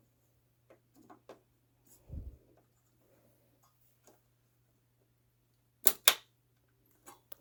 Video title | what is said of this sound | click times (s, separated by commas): How to Install RAM On A Desktop Computer | I hear two clicks. Two. | 5.9 s, 6.1 s